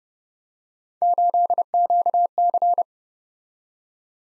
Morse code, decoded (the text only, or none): 8QC